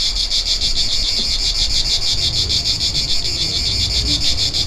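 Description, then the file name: Cicadas buzzing in a steady high chorus, pulsing about three times a second, with a low rumble underneath. Recorded 3 September 2009. "Enregistrement Cigales"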